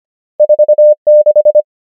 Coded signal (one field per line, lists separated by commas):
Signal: Morse code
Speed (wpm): 25 wpm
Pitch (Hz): 600 Hz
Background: none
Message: 4 6